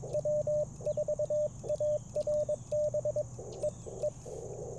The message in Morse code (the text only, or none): W4ARB EE